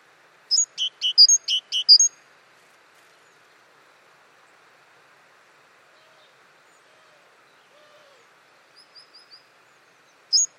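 Great tit calls: a quick run of sharp high notes at the start, then near silence with faint soft notes, and another brief call at the end.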